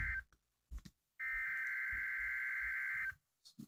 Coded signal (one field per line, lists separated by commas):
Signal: Emergency Alert System (SAME) tones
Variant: header bursts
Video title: Required Weekly Test (EAS 446)